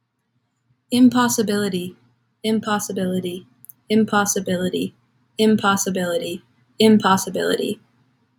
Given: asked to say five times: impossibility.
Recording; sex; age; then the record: repeated word; female; 20 to 29 years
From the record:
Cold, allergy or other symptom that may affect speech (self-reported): no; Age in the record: 26 years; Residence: Ohio, United States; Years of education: 20